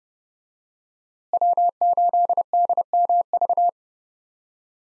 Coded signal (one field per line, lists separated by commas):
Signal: Morse code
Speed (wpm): 30 wpm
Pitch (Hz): 700 Hz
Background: none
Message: W8DMV